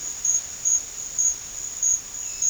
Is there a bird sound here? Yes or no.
no